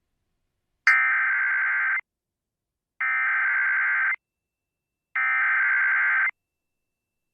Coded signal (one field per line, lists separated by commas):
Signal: Emergency Alert System (SAME) tones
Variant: header bursts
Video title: Still more from Oklahoma! | EAS Alerts from June 15th, 2023 (EAS #2631-2641)